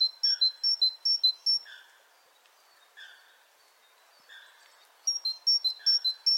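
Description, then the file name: Great tit two-note song in two bursts, high and lower notes alternating, with lower slurred notes between them. "Parus major"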